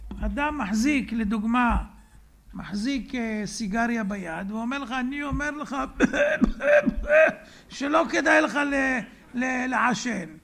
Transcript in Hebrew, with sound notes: אדם מחזיק לדוגמה מחזיק סיגריה ביד ואומר לך: "אני אומר לך (ומשתעל) שלא כדאי לך לעשן".